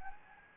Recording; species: mosquito wingbeat signal from an infrared sensor; Anopheles gambiae